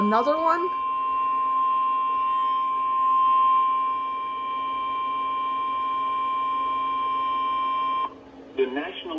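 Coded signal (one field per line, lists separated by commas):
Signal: Emergency Alert System (SAME) tones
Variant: 1050 Hz attention tone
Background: speech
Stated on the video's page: Real tests, watches and warnings recorded from a NOAA Weather Radio station in Texas.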